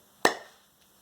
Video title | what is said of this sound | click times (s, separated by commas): How To Replace Vileda Supermocio 3Action Mop Head | just did you hear the pop | 0.2 s